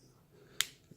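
An earphone plug or USB adapter is pushed into the port of a Blackview S8 smartphone. A single sharp click is heard at 0.6 s, followed by a faint low thump near 0.9 s. The plug seats snugly and holds well.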